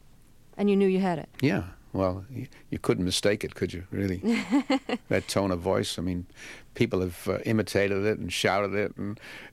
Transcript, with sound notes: And you knew you had it.
Yeah. Well, you couldn't mistake it, could you, really?
(Laughter).
That tone of voice - I mean, people have imitated it and shouted it.